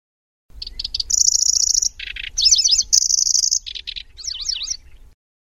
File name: suara kicauan burung kecici belalang. omkicau